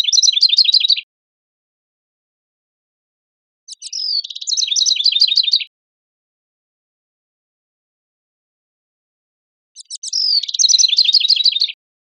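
House wren singing fast, bubbly cascades of chattering notes, three phrases separated by quiet pauses, each ending in a lower rattle.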